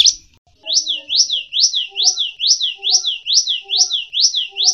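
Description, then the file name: Java sparrow song: a steady string of about ten repeated high sweeping notes, with faint lower tones beneath. Wingko variety. "variasi gelatik wingko"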